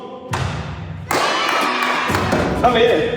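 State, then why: Seated. A newly installed office door is closed into its frame for a final test, and its magnetic latch snaps into the strike plate of the door frame on its own, catching at 1.1 s. A thud at about 0.3 s precedes the sharp click, and someone talks afterward.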